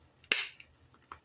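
A badge is pressed in a button press, and its metal back clips shut onto the front shell with the design inside. A sharp, bright snap at 0.3 s shows the back seating into the front, then a fainter tick follows near 1.1 s. Once clipped, the badge can no longer be unclipped at all.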